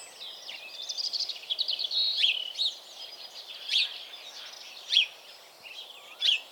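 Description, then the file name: House sparrow calls: a run of quick chattering notes at first, then single loud chirps spaced about a second or more apart, with faint twittering underneath. "Passer domesticus"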